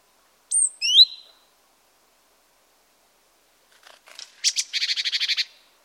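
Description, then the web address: Great tit calls: a pair of high swooping notes, then after a pause a dry rapid churring rattle. "pub SETE data Parus major"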